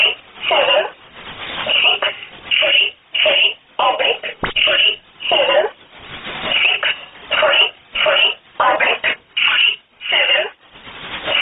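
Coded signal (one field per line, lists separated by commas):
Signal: numbers station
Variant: E11 Oblique, English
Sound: a voice reading short evenly spaced words, about fourteen in the clip, over shortwave audio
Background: radio static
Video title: 25 08 2017 Numbers station E11 Oblique in English to Eu 0710 on 10429 unknown tx site in USB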